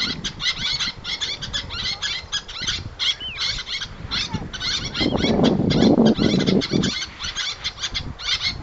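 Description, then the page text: Little tern calls, dense high chattering notes with a brief slurred cry, and a burst of louder low rushing noise midway. "Albert Lastukhin - Малая крачка (Sterna albifrons)"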